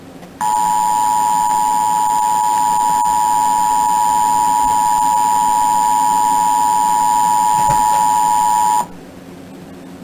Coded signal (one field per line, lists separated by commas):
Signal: Emergency Alert System (SAME) tones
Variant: 853 and 960 Hz attention tone